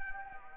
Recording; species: mosquito wingbeat signal from an infrared sensor; Anopheles arabiensis